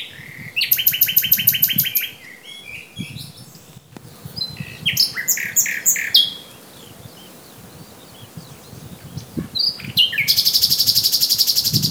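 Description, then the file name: Common nightingale song: varied phrases of rapid repeated notes, buzzy trills and sharp high chips separated by short pauses, ending in a fast loud rattling series. "Luscinia megarhynchos"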